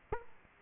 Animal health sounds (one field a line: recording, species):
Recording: mosquito wingbeat signal from an infrared sensor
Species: Aedes aegypti